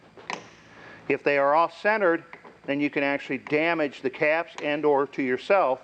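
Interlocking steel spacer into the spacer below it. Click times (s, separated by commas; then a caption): 0.3 s. A steel axle-correction spacer from an axle correction spacer kit is stacked onto the spacer below it and interlocks, giving a single sharp click at 0.3 s as it locks into place. Someone then talks. The spacer is seated.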